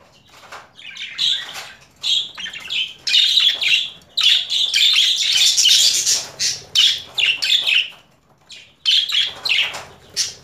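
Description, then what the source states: Budgerigar chattering, rapid harsh chirps and warbling squawks strung into long runs, pausing briefly before resuming. Female budgerigar; mixed sounds.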